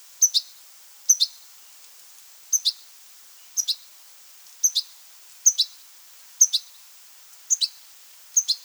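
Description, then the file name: European goldfinch giving high, thin paired call notes, each pair quick and bright, repeated about once a second in an otherwise quiet background. "Carduelis carduelis"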